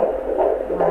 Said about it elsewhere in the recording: A fast little train, isn't it? That sounds absolutely perfect. It's often nice to be able to hear the baby's heartbeat at this stage after your 12-week scan before your 20-week scan.